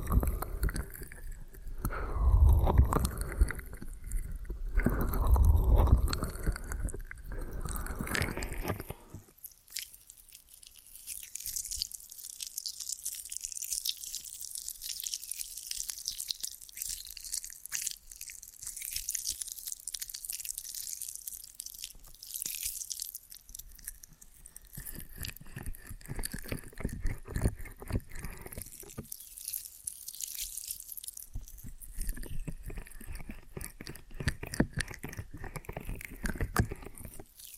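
Ear and scalp massage with cleaning sounds. The first nine seconds bring heavy, rubbing swells with deep thumps around the second and fifth seconds. After that, a dense, crackly scratching and rustling continues unevenly to the end, bright and textured, with brief louder bursts.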